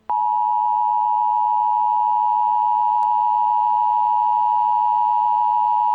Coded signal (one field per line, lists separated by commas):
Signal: Emergency Alert System (SAME) tones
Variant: 853 and 960 Hz attention tone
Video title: EAS Scenario #1, Evil Puro